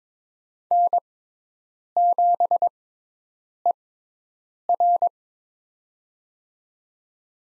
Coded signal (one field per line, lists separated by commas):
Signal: Morse code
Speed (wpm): 22 wpm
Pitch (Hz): 700 Hz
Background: none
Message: N7ER